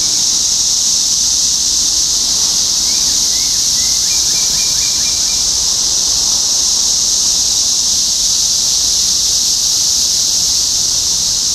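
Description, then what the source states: Cicadas in a continuous high buzzing chorus, with a brief run of faint chirping bird notes partway through. Recorded in Topeka, Kansas, on 14 June 2015.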